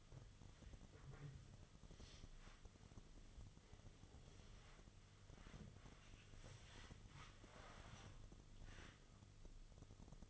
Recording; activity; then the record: daily activity, microphone in the room; wipe stove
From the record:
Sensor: 4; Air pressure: 1005.6 hPa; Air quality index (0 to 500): 109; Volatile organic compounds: 3 ppm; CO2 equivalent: 1359 ppm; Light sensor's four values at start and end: 12/28/11/10 and 12/27/11/10